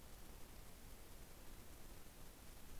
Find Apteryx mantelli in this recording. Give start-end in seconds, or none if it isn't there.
none